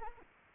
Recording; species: mosquito wingbeat signal from an infrared sensor; Anopheles arabiensis